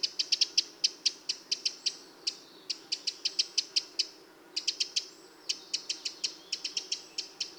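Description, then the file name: Eurasian wren producing quick series of hard ticking clicks, grouped in bursts separated by short pauses. "Troglodytes troglodytes"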